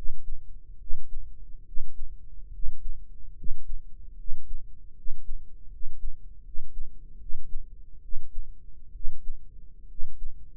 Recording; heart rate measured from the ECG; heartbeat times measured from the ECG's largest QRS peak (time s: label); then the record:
heart sounds by microphone in the right ear; 73 bpm
0.77 s: heartbeat
1.63 s: heartbeat
2.50 s: heartbeat
3.34 s: heartbeat
4.15 s: heartbeat
4.93 s: heartbeat
5.68 s: heartbeat
6.42 s: heartbeat
7.17 s: heartbeat
8.00 s: heartbeat
8.91 s: heartbeat
9.86 s: heartbeat
From the record:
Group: healthy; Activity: rest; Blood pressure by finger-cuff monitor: 102/71 mmHg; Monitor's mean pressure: 79 mmHg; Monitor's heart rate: 73 bpm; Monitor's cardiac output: 5.2 L/min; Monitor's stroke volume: 72 mL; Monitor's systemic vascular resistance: 1090 dyn s/cm5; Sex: male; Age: 21 years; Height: 170 cm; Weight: 71 kg